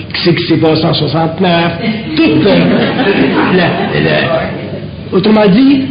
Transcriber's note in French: rires du public